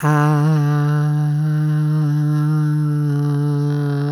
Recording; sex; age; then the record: sustained vowel /a/; female; 50 to 59 years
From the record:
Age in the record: 56 years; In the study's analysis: included